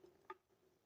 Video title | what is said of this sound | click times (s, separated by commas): AOI UH-OM1 with DLP-06 Set-up | turn till it clicks | 0.3 s